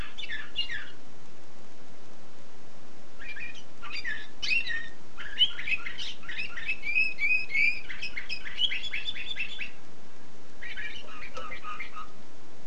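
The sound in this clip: Canary singing in bursts: quick chirps, then a long run of rapid warbled and trilled phrases, a pause, and a short final chirping phrase.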